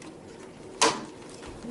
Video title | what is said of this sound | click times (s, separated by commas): Sears Kenmore Elite (Oasis) Washer Disassembly & Repair of Drive Bearings | sure you hear the click and that wires in I'm gonna take our pressure tube here again | 0.8 s